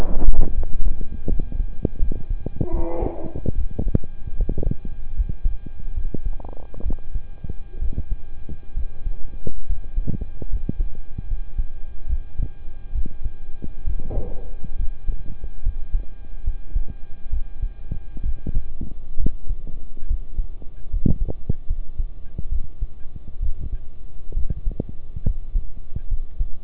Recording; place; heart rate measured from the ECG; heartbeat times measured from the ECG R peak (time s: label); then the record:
heart sounds by stethoscope; between the tricuspid and mitral areas; 70 bpm
0.54 s: heartbeat
1.28 s: heartbeat
1.99 s: heartbeat
2.71 s: heartbeat
3.55 s: heartbeat
4.36 s: heartbeat
5.15 s: heartbeat
5.94 s: heartbeat
6.82 s: heartbeat
7.79 s: heartbeat
8.74 s: heartbeat
9.66 s: heartbeat
10.49 s: heartbeat
11.27 s: heartbeat
12.06 s: heartbeat
12.92 s: heartbeat
13.84 s: heartbeat
14.76 s: heartbeat
15.62 s: heartbeat
16.43 s: heartbeat
17.29 s: heartbeat
18.22 s: heartbeat
19.16 s: heartbeat
20.06 s: heartbeat
20.89 s: heartbeat
21.66 s: heartbeat
22.48 s: heartbeat
23.39 s: heartbeat
24.33 s: heartbeat
25.23 s: heartbeat
26.08 s: heartbeat
From the record:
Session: rest, sitting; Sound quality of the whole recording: good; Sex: male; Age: 23 years